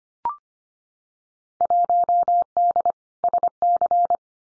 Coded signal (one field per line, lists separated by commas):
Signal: Morse code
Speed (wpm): 25 wpm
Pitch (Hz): 700 Hz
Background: none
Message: 1D SC